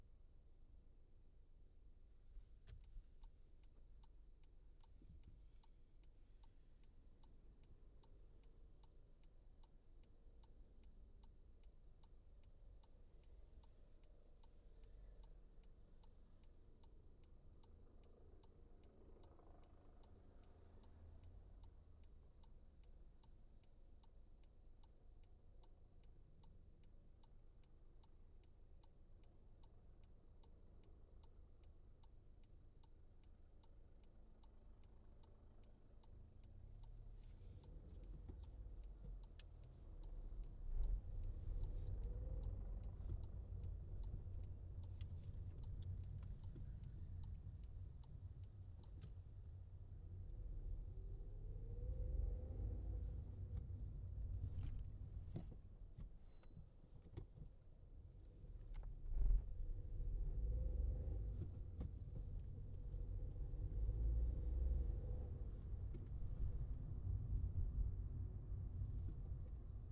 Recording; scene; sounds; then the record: everyday scene through a hearing-aid microphone; in a vehicle; engine, traffic, helicopter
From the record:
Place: Skoda Fabia, gasoline engine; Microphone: in the ear canal, left